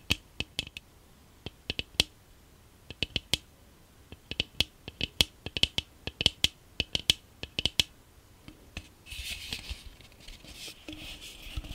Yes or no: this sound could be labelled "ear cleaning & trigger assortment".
yes